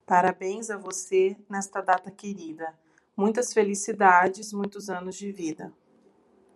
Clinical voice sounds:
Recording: short text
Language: Brazilian Portuguese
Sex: female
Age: 40 to 49 years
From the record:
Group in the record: control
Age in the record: 43 years

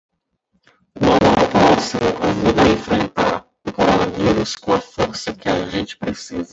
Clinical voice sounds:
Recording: spoken sentence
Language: Brazilian Portuguese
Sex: male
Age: 20 to 29 years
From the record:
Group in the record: control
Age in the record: 28 years

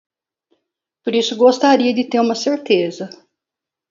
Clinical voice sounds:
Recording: short text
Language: Brazilian Portuguese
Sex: female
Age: 60 to 69 years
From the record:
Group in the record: control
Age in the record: 62 years

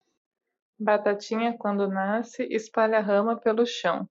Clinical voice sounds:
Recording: short text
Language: Brazilian Portuguese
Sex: female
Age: 20 to 29 years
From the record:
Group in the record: control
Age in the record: 29 years

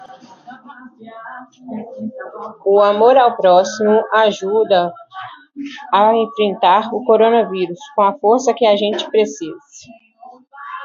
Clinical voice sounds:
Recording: spoken sentence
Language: Brazilian Portuguese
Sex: female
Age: 30 to 39 years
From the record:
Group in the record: control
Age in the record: 31 years

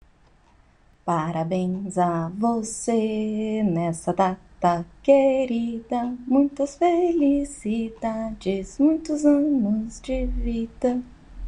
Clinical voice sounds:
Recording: short text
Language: Brazilian Portuguese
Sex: female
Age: 30 to 39 years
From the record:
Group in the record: control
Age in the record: 39 years

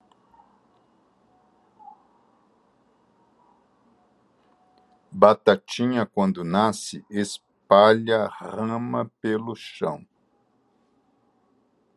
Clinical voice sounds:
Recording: short text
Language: Brazilian Portuguese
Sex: male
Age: 60 to 69 years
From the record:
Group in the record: control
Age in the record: 61 years

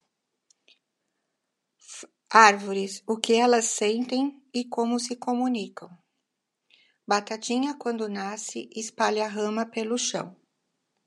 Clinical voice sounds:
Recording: short text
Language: Brazilian Portuguese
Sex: female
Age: 60 to 69 years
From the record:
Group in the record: control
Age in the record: 60 years

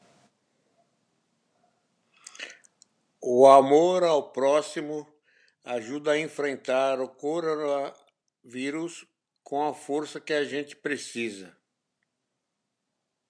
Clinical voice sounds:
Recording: spoken sentence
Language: Brazilian Portuguese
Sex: male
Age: 70 to 79 years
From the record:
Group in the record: control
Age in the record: 76 years

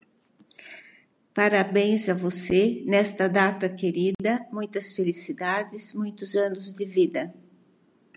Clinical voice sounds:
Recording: short text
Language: Brazilian Portuguese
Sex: female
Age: 70 to 79 years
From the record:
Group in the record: control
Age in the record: 74 years

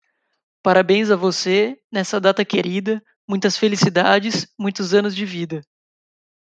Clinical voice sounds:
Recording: short text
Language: Brazilian Portuguese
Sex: male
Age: 20 to 29 years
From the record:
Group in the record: control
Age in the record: 25 years

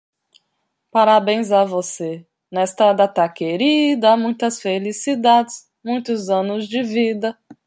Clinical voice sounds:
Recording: short text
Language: Brazilian Portuguese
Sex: female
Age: 30 to 39 years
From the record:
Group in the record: control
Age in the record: 31 years

